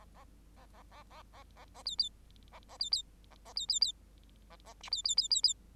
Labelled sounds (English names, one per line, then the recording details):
Bengalese Finch song
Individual Bird8